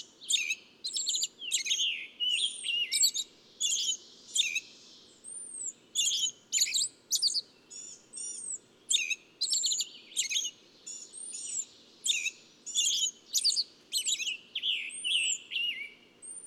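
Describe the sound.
Bird song: long run of fast high chirps and twitters in bursts, with occasional thin arched whistles.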